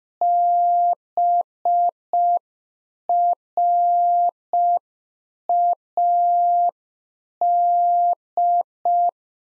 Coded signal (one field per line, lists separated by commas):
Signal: Morse code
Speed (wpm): 5 wpm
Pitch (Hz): 700 Hz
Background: none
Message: BRAD